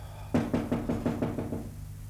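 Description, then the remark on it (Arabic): A series of about seven evenly spaced knocks on a door, firm and steady in rhythm, with a hollow wooden tone and no voices; the character Simon knocking on the door where Shakespeare is writing, in a radio play. “سيمون ينقر على الباب مرة أو مرتين في البداية دون أن يتنبه الشاعر لوجوده.”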